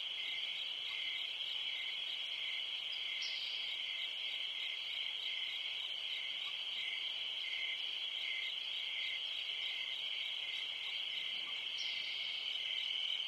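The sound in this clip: Cricket chorus of continuous shrill trilling at a constant high pitch, with a couple of brief higher chirps near three and twelve seconds.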